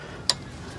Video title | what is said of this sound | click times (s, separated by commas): ALARM KEEPS GOING OFF! How to stop a Honda or Acura Security Alarm from going off. EASY DIY FIX! | right there you'll feel a little snap when it locks in place | 0.3 s